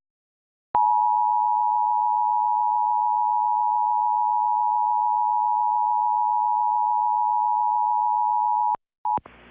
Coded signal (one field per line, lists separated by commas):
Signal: Emergency Alert System (SAME) tones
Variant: 853 and 960 Hz attention tone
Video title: EAS Monthly Test - Steamed Hams [Mock]